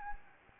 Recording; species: mosquito wingbeat signal from an infrared sensor; Anopheles gambiae